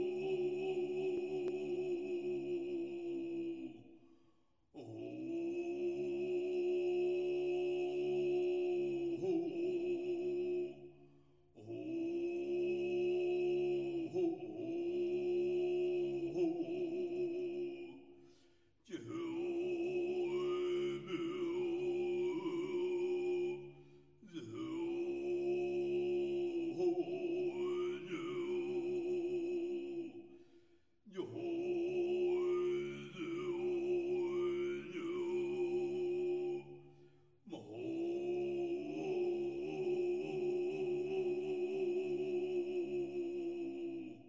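Buddhist chanting in long sustained phrases, each held for about five to six seconds and separated by short silences. The voices stay on a steady low droning tone, while the later phrases add wavering, sliding overtones higher up. No distinct bell strikes stand out.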